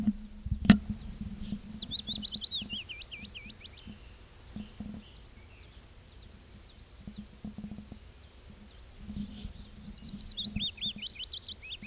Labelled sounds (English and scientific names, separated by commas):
Willow Warbler (Phylloscopus trochilus) song